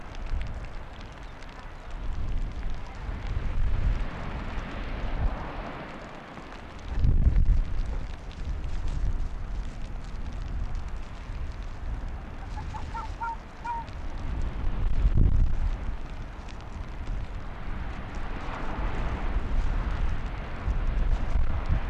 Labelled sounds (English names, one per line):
Arctic Fox